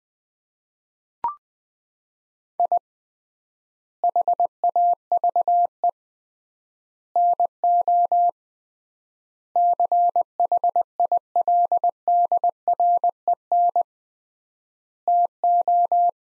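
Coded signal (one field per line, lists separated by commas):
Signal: Morse code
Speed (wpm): 20 wpm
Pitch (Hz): 700 Hz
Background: none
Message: I HAVE NO CHILDREN TO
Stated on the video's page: Morse sentence practice at 20wpm with 3x word spacing, similar to Farnsworth method applied to words.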